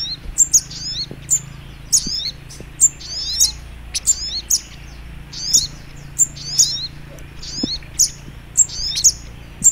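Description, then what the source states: Little Spiderhunter calling with bright, piercing high notes and short falling trills in a steady series over a soft low hum. Training (masteran) recording of the Labaik song style.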